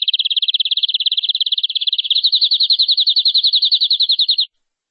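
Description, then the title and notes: Canary song: a fast, even trill of sharp notes held at one high pitch, stepping slightly higher and louder midway before stopping abruptly; no other sounds. "BM Suara Kenari. BM Suara Burung Kenari"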